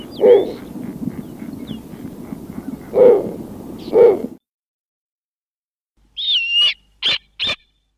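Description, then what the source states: Snowy owl calls: three low, hoarse hoots spaced one to three seconds apart, then after a pause a higher harsh note followed by two short sharp barks. Winter visitor to Maine; spends summers nesting on the Arctic tundra.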